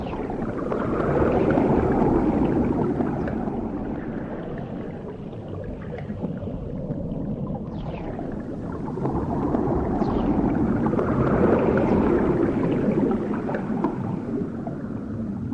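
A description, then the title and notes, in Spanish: Underwater bubbling churns in a dense, low rumbling wash that swells and fades, with a few brief rising squeaks near eight and ten seconds. Sonido de burbujas bajo el agua.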